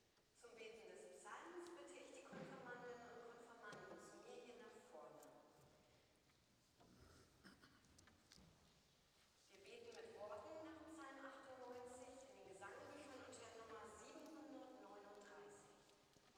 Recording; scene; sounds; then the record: everyday scene through a hearing-aid microphone; reverberant space; speech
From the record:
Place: church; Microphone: in the ear canal, right